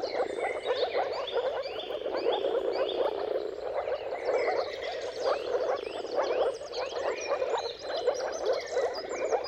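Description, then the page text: Chorus of moor frogs: a continuous mass of low, muffled bubbling calls, with birds whistling and trilling above them. Mating calls of a moor frog chorus at sunrise, at the turn of March and April, depending on the weather. "Jakub-Orzecki moor frogs. Dawn’s Chorus: Mating Calls of Marsh Frogs at Sunrise. Depending on the weather at the turn of March and April, you can witness an amazing spectacle of moor frogs"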